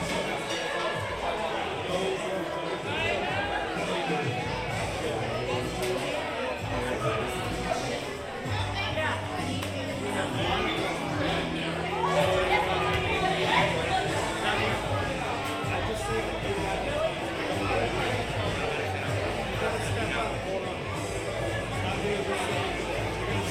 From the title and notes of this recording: Oga's Cantina (Disneyland) Binaural Ambience. Oga's Cantina, in Star Wars Galaxy's Edge.